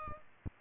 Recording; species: mosquito wingbeat signal from an infrared sensor; Aedes aegypti